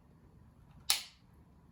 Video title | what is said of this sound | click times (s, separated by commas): How to use an Epipen | hear the click yes okay i'll just reset this | 0.9 s